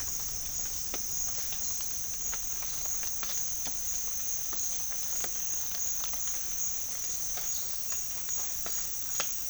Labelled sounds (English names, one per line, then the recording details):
none
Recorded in pastures near Puerto Asís, Putumayo, Colombia, on 25 June 2025 at 14:30
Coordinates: 0.466, -76.322
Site GP07